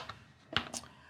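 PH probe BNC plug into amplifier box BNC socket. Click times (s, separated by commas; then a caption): 0.6 s. A pH probe's BNC plug is twisted onto the BNC socket of an amplifier box until the bayonet locks. A faint tick comes at 0.1 s, then the sharp lock click at 0.6 s, followed by a softer, brighter tick at 0.8 s. The connector is seated and locked.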